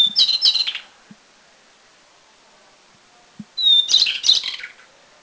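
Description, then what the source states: White-browed shortwing song: two bursts of high, tumbling, jumbled notes, each opening with a thin whistled note, separated by nearly three seconds of quiet. Taiwan.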